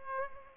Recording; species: mosquito wingbeat signal from an infrared sensor; Culex pipiens